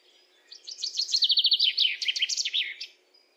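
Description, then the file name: Common chaffinch delivering a single lively song of repeated notes in several sections, closing with a brief flourish. "Fringilla coelebs"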